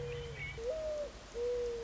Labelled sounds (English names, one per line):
Mourning Dove